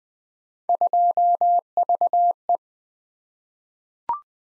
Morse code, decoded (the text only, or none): 2VE